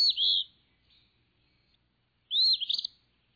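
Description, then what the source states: Eastern Phoebe song: two brisk, high whistled phrases, the first slurred and the second ending in a quick buzzy stutter, separated by about two seconds of near silence. One of the most familiar flycatchers east of the Rockies; often nests close to people under eaves, in barns or under bridges; among the earliest spring migrants; sings a lot; song repeats its name.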